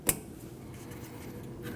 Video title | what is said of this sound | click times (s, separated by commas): How to Replace AC Condenser & Receiver Drier Assembly 2012-2021 Nissan NV2500 5.6L V8 | Listen for the click. | 0.1 s